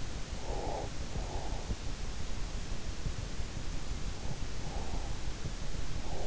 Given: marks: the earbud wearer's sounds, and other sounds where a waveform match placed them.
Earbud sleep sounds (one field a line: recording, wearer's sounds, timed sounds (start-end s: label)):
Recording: sounds in sleep by an in-ear microphone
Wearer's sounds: breath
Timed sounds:
0.20-2.14 s: breath
4.24-5.13 s: breath